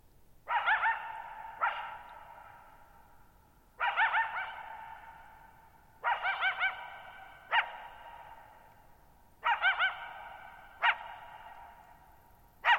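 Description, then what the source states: Coyote barking in pairs and short series, quavering yelps followed by a single sharp bark, repeated every couple of seconds with long reverberant tails. Lone coyote at night, July 14, 2019, Thirtymile Meadows, Okanogan National Forest, Okanogan High Country, Pacific Northwest, 6400 ft (1950 m); high dry plateau, shallow-bowl meadow.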